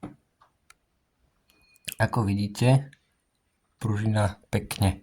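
A small steel spring is hooked at the bottom and pushed as far as it will go into the mechanism of a ZKM-451 rifle during disassembly work. A few faint ticks lead up to a sharp click at 1.9 s as the spring snaps fully down into its seat, and someone talks before and after. The spring is seated where it belongs.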